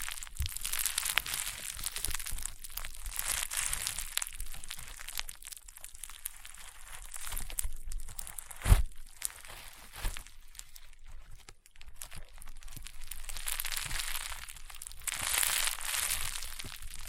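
Crunchy, popping slime is squeezed and pressed in dense, crackling bursts that swell and ease in waves. A sharp louder pop stands out near the nine-second mark, with a brief quiet lull just before twelve seconds before the crinkly crunching builds again.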